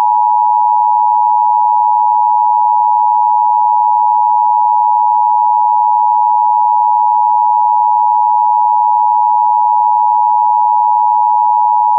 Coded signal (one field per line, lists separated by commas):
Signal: Emergency Alert System (SAME) tones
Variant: 853 and 960 Hz attention tone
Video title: EAS EAN- The end of the world...